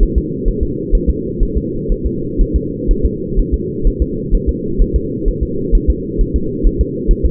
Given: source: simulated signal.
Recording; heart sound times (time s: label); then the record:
fetal heart sounds
0.03 s: S1
0.18 s: S2
0.48 s: S1
0.63 s: S2
0.95 s: S1
1.10 s: S2
1.43 s: S1
1.57 s: S2
1.92 s: S1
2.06 s: S2
2.41 s: S1
2.56 s: S2
2.91 s: S1
3.05 s: S2
3.40 s: S1
3.54 s: S2
3.87 s: S1
4.02 s: S2
4.35 s: S1
4.49 s: S2
4.82 s: S1
4.96 s: S2
5.28 s: S1
5.43 s: S2
5.75 s: S1
5.90 s: S2
6.21 s: S1
6.36 s: S2
6.67 s: S1
6.81 s: S2
7.11 s: S1
7.25 s: S2
From the record:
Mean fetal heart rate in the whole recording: 130 bpm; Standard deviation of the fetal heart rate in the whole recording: 4 bpm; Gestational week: 38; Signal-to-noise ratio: -6.6 dB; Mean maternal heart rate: 72 bpm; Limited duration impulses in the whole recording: present